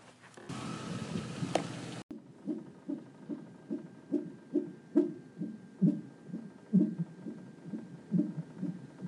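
After a brief burst of static, fast, regular whooshing pulses follow. This is an unborn baby's heartbeat on Doppler ultrasound, recorded at the hospital after concerns about the baby's movement, and its steady rhythm is a very reassuring sign.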